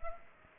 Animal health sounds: mosquito wingbeat signal from an infrared sensor; Culex pipiens

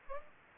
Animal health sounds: mosquito wingbeat signal from an infrared sensor; Anopheles gambiae

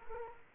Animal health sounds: mosquito wingbeat signal from an infrared sensor; Culex quinquefasciatus

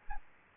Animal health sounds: mosquito wingbeat signal from an infrared sensor; Aedes albopictus

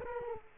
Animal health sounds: mosquito wingbeat signal from an infrared sensor; Culex quinquefasciatus

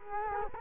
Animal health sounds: mosquito wingbeat signal from an infrared sensor; Culex quinquefasciatus

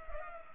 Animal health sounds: mosquito wingbeat signal from an infrared sensor; Culex pipiens

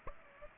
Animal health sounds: mosquito wingbeat signal from an infrared sensor; Aedes aegypti

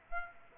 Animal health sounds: mosquito wingbeat signal from an infrared sensor; Aedes aegypti

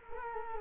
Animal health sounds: mosquito wingbeat signal from an infrared sensor; Culex quinquefasciatus

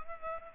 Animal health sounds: mosquito wingbeat signal from an infrared sensor; Culex pipiens

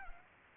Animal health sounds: mosquito wingbeat signal from an infrared sensor; Culex pipiens

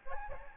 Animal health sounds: mosquito wingbeat signal from an infrared sensor; Aedes albopictus

